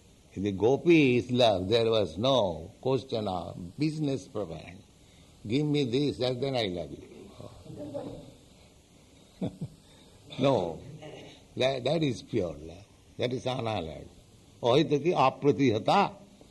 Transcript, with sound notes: In the gopīs' love there was no question of business propaganda—"Give me this, then I love You." [chuckles] No. That is pure love. That is unalloyed love. Ahaituky apratihatā.